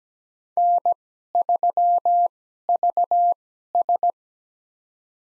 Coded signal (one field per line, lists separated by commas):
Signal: Morse code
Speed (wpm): 17 wpm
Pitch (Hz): 700 Hz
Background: none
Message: N3VS